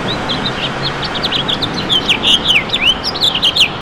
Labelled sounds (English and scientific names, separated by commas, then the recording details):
House Finch (Haemorhous mexicanus) song
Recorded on Long Island, New York, on 22 June 2012
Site AU
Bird B